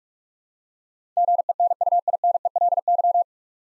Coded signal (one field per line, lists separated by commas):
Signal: Morse code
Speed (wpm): 42 wpm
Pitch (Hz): 700 Hz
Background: none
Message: GENUINELY